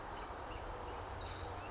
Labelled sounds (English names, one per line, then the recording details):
Orange-crowned Warbler
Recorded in Sonoma County, California